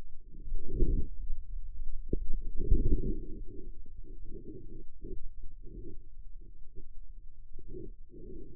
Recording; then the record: forearm muscle sounds (acoustic myography)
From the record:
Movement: outward rotation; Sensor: system 2, bracelet of six BSWA MPA416 microphones around the upper forearm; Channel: 5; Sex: male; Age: 22 years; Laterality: right